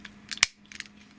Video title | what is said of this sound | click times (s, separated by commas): Transformers review Mastermind Creations Omne aka Cosmos | and lock into place like that | 0.4 s